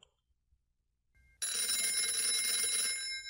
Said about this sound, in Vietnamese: Tiếng chuông điện thoại của Quế rung lên hồi